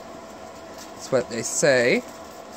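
A new dust bag's collar is pushed onto the fill port of the bag holder inside an Oreck Elevate Conquer upright vacuum, but it has not seated or clicked yet. Someone talks briefly over a steady low background hum.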